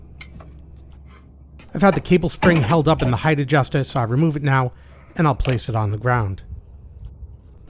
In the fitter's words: this will be followed by the clip which I'll lock into place